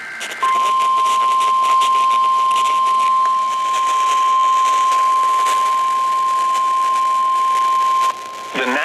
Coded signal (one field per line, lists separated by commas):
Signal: Emergency Alert System (SAME) tones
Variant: 1050 Hz attention tone